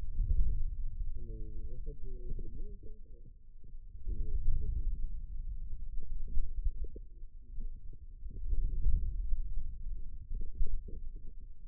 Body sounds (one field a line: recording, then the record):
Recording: forearm muscle sounds (acoustic myography)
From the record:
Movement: wrist flexion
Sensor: system 2, bracelet of six BSWA MPA416 microphones around the upper forearm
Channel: 4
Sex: male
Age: 22 years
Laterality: right